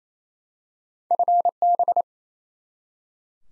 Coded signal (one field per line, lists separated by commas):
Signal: Morse code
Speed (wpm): 28 wpm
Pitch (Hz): 700 Hz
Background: none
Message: FB